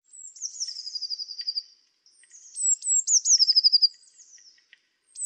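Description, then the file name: Eurasian blue tit singing high, thin opening notes that run into a fast, even trill, twice over, with the start of a third phrase at the end. "Cyanistes caeruleus"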